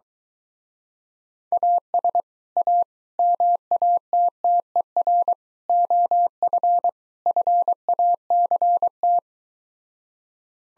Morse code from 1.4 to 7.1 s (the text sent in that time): AS A MATTER OF